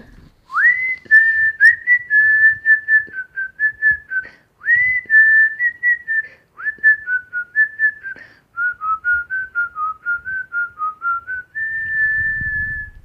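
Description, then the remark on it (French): A person whistles a film melody alone, a clear, steady mid-high tone moving through short melodic phrases with rising slides at the starts and brief pauses between them. “Et oui, c'est moi qui viens de siffler à l'instant.”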